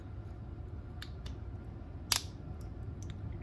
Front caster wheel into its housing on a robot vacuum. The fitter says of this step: should hear it click on both sides